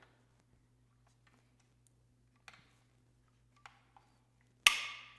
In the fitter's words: there, now we have the click, and we can go ahead and put the cover back